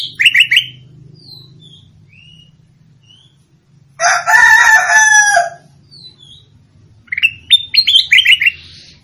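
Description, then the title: Sooty-headed bulbul song: short bursts of bright whistled notes at the start and end, with a rooster crowing in the middle. "Suara Burung Kutilang"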